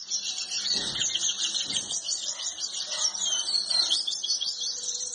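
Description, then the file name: Yellow-bellied siskin singing a rapid, jumbled high twitter of chirps and short trills that runs without pause, with faint low thumps. "canto do pintassilgo de barriga amarela"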